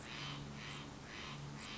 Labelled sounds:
Steller's Jay (Cyanocitta stelleri)

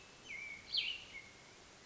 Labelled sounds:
Cassin's Vireo (Vireo cassinii)

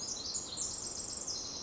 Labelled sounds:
Pacific Wren (Troglodytes pacificus)

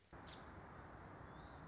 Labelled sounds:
Nuttall's Woodpecker (Dryobates nuttallii)

